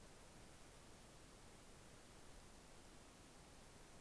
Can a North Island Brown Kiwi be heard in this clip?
no